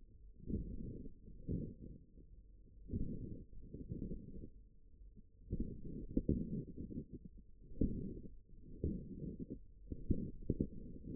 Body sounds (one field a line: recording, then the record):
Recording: forearm muscle sounds (acoustic myography)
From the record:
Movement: forearm supination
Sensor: system 1, eight BSWA MPA416 microphones around the upper forearm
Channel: 3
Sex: male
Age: 54 years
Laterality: right